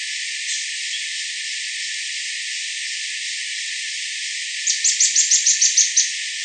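Bird calling: after several seconds of plain hiss, a burst of about eight sharp, high chips follows in rapid, regular succession near the end.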